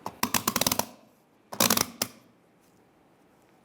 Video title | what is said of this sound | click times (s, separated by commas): How to Replace Gas Cap 2007-2015 Mazda CX-9 | and again screw it down until it clicks | 0.2 s, 0.7 s, 1.7 s, 1.8 s